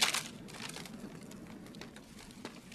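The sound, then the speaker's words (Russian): A man tosses sheets of paper into a fireplace, some flung decisively with a backhand swing: a sharp papery swish at the start, then several softer rustling, crinkling bursts over a quiet, steady low rumble. “Подобрав упавший лист, мужчина порывисто подходит к камину. Некоторые листы бросает решительно наотмашь.”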